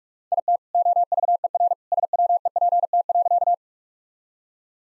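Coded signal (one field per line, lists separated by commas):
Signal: Morse code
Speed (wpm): 46 wpm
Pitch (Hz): 700 Hz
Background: none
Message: IT OVERSWEPT.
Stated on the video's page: Practice set of all-age jokes at 45 wpm, with context hints.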